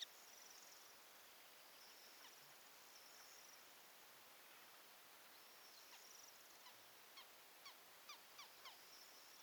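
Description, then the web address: Montagu's harrier calls: a quick run of several sharp, chattering notes near the end, over a steady high hiss of insects. "sound montagu's-harrier. صدای-پرنده-سنقر-گندمزار"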